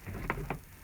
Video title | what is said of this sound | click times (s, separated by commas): 2004 Honda Odyssey Rear Sliding Door Lock Actuator Replacement Part 1 | I've got my side out over here, and you hear the pop. That one came out, | 0.3 s